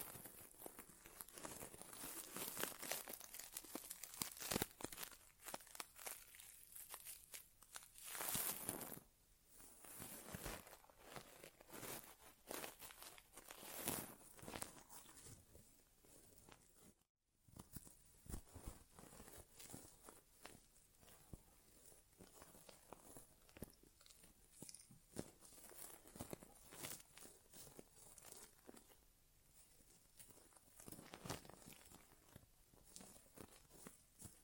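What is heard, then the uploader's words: Close, hissy ear-exam sounds continue for the whole clip: dense scratching, crinkling and rustling that swell and fade, with bright bursts around 8 and 14 seconds. The noise drops to near silence briefly around 17 seconds, then quieter rustling resumes. There is no speech. ASMR Inner Ear Exam (No Talking).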